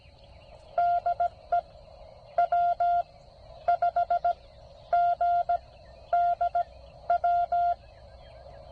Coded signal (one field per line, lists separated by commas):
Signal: Morse code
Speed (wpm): 17 wpm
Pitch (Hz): 700 Hz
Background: none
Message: DE W5GDW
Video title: Penntek TR54L "Skinny" Maiden voyage. POTA Activation